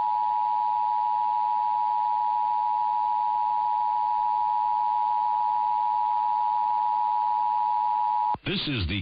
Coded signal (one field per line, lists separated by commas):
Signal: Emergency Alert System (SAME) tones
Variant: 853 and 960 Hz attention tone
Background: speech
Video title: EAS- San Francisco Bay Area RMT on KCBS-AM (1/9/24)